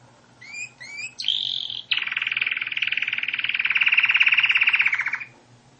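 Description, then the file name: Canary song: two rising whistles, a bright sustained note, then a long rapid pulsing trill lasting over three seconds. "Canary Voice"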